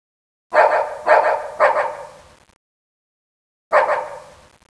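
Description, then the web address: Dog barks in a quick run of three, then a gap of about a second before one more loud bark. "nijmegen hund"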